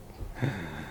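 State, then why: Not seated. A component is being handled on the shock body during an RC10B6.4D shock assembly, pressed or threaded toward its seat. Only soft, low handling noise is heard, swelling slightly around 0.4 s with no sharp transient. Nothing has seated or clicked yet.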